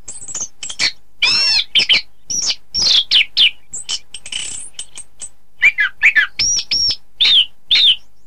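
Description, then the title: Oriental magpie-robin song mixing looping whistled notes, harsh rasps and quick chips, varied and rapidly delivered with short gaps. "Kicau Kacer"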